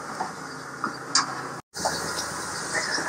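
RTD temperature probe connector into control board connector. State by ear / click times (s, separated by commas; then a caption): seated / 1.1 s. The plastic wire connector of a new RTD temperature probe is pushed into the mating connector on a Pit Boss pellet grill's control board, with pin holes lined up to the pins, over a steady hiss. A small tick sounds at about 0.8 s, then a sharp, bright snap at 1.2 s as the connector seats in place. Soon after, the sound cuts out briefly to near silence around 1.6–1.7 s before the background hiss returns.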